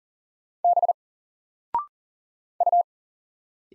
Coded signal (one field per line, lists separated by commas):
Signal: Morse code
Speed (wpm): 40 wpm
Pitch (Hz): 700 Hz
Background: none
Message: B U